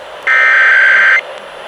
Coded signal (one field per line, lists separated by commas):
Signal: Emergency Alert System (SAME) tones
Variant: header bursts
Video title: Monthly EAS Tests (+ Random Valentine's Day Rant) (2/14/23) (EAS #777-789)